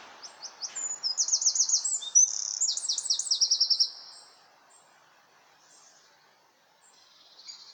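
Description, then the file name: Eurasian wren singing a rapid, loud outburst of high trilled notes for about four seconds, followed by near silence with faint bird sounds. "Troglodytes troglodytes"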